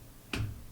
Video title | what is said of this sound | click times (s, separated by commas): SideShow Collectibles Ahsoka Tano vs Darth Maul Diorama | clicks right into place and it holds it pretty well like I'm | 0.3 s